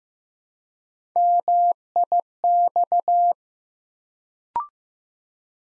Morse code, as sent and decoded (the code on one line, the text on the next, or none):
-- .. -..-
MIX